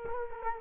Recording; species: mosquito wingbeat signal from an infrared sensor; Culex quinquefasciatus